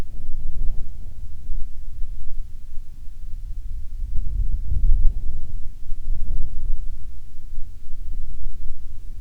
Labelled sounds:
wind
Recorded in the Prudhoe Bay oil fields, Alaska, on 7 August 2019 at 14:45
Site 17

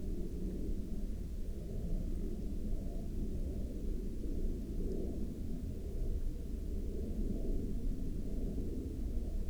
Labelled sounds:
aircraft
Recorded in the Arctic National Wildlife Refuge, Alaska, on 13 May 2019 at 01:20
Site 33

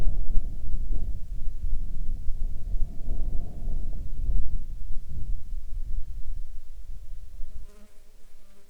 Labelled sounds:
wind
insects
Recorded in the Arctic National Wildlife Refuge, Alaska, on 30 July 2019 at 13:20
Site 35

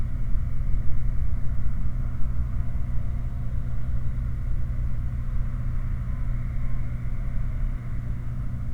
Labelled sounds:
machinery
flare stack
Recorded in the Prudhoe Bay oil fields, Alaska, on 4 August 2019 at 20:34
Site 29

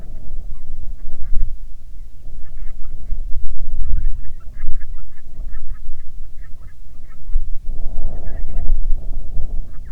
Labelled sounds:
waterfowl
wind
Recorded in the Prudhoe Bay oil fields, Alaska, on 6 June 2019 at 04:37
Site 16

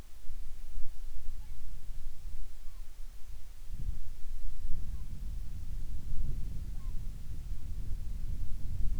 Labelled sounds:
bird
wind
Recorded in the Arctic National Wildlife Refuge, Alaska, on 10 July 2019 at 18:37
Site 44

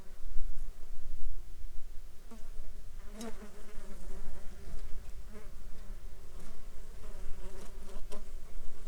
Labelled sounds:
insects
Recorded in the Arctic National Wildlife Refuge, Alaska, on 16 July 2019 at 11:16
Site 35

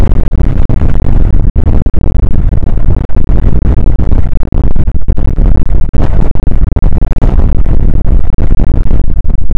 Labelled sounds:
wind
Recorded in the Prudhoe Bay oil fields, Alaska, on 29 May 2019 at 00:03
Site 25

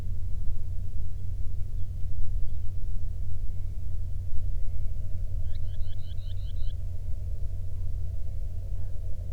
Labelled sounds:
bird
man-made sound
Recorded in the Prudhoe Bay oil fields, Alaska, on 13 June 2019 at 00:07
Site 24

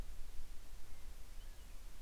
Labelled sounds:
bird
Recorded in the Prudhoe Bay oil fields, Alaska, on 10 July 2019 at 09:18
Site 11

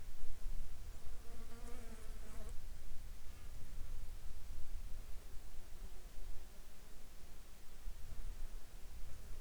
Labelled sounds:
insects
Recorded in the Arctic National Wildlife Refuge, Alaska, on 7 July 2019 at 10:36
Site 37

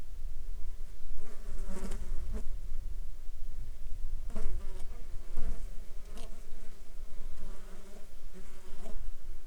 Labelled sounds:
insects
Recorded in the Arctic National Wildlife Refuge, Alaska, on 16 July 2019 at 11:18
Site 35

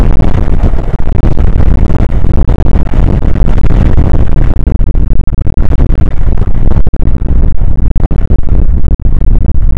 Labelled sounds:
wind
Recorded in the Prudhoe Bay oil fields, Alaska, on 29 May 2019 at 00:00
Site 25

